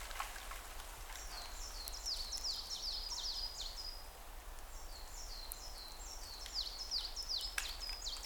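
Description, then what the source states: Bird calls: quick runs of high falling chirps in two main bursts, accompanied by scattered pattering drips and light background noise. Recorded in a forest with falling snow.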